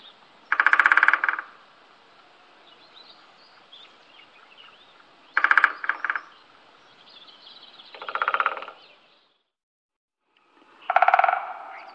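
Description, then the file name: Great spotted woodpecker drumming: four short, rapid rolls, each under a second, spaced several seconds apart, with faint background hiss. "Storre hackspett"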